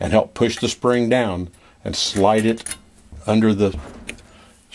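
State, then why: Seated. A large coil spring on a 1/8 scale railroad freight car truck bolster is pushed down with the thumb and slid under the metal spring retainer plate while someone talks. At 4.1 s a slight, sharp click is heard as the spring pops up into its hole, seated in the retainer plate.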